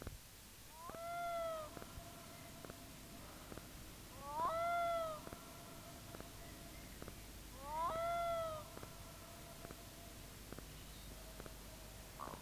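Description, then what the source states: Black-throated Loon calls: three rising notes about every three and a half seconds over a steady background hiss. Field recording.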